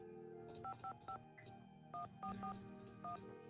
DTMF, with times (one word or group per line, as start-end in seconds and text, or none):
0.6-1.2 555
1.9-2.5 144
3.0-3.2 1